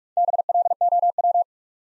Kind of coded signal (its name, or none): Morse code